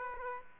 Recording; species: mosquito wingbeat signal from an infrared sensor; Aedes aegypti